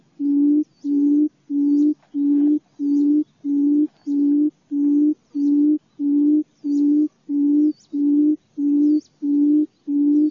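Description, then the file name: Quail calling with a deep, steady hoot repeated about one and a half times a second, very regular, with faint high chirps from other birds above. "นกคุ่ม"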